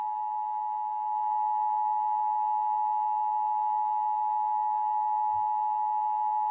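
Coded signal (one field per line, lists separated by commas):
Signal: Emergency Alert System (SAME) tones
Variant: 853 and 960 Hz attention tone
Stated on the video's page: Fictional EAS scenario, simulated alert.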